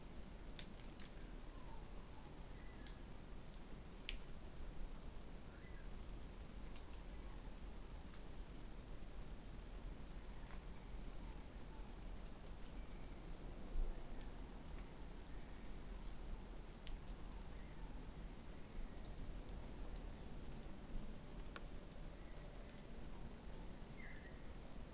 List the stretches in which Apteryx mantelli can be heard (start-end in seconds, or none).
none